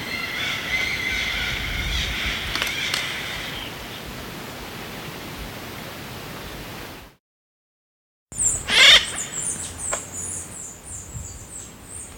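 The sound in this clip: Yellow-billed parrot giving harsh calls early on, then after a break one louder harsh call.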